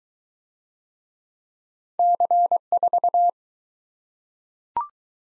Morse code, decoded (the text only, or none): C4